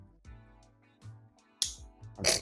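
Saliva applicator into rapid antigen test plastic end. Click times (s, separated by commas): 1.6 s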